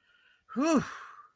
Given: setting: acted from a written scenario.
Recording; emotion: vocal sound without words; relief